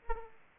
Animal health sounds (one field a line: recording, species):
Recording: mosquito wingbeat signal from an infrared sensor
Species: Aedes aegypti